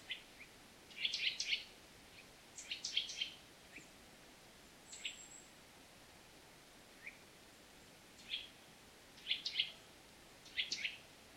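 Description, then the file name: Eurasian nuthatch giving bursts of brief, high, piercing notes, grouped in quick runs with scattered single notes between, over constant faint hiss. "Sitta europaea"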